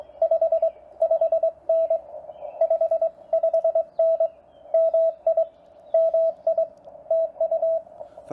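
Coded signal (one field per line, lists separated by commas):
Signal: Morse code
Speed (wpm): 20 wpm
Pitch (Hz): 690 Hz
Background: radio noise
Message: 5 5N 55N MI MI TU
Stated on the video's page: Morse sent during a park activation from a TR45L Skinny radio with a Bamatech TP III key into an MC-750 vertical whip with four radials, mistakes included.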